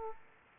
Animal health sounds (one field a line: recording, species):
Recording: mosquito wingbeat signal from an infrared sensor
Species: Aedes aegypti